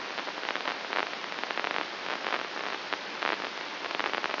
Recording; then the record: brain microelectrode recording played as sound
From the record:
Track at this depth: outside the subthalamic nucleus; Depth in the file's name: 6.629 mm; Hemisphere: left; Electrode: 2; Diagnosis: Parkinson's disease